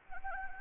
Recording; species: mosquito wingbeat signal from an infrared sensor; Anopheles gambiae